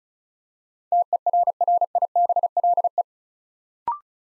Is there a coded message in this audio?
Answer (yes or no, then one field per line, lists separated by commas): yes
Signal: Morse code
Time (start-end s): 0.9-3.0 s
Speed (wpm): 36 wpm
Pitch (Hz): 700 Hz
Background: none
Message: TERRIBLE